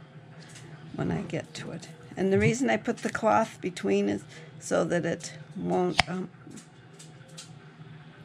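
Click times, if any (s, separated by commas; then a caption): 7.4 s. Someone talks while a bottle opener is slid under the metal screw cap of a stuck glass jar, with a cloth in between, and pried gently. A short pop sounds at 7.4 s as the vacuum seal breaks and the lid releases.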